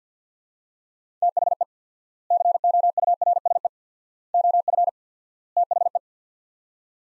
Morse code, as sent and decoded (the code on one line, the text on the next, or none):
- .... . / -.-. --- ..- .-. ... . / --- ..-. / - .... .
THE COURSE OF THE